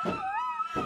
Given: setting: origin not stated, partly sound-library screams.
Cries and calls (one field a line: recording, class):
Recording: one-second piece from a danger detection set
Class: woman in danger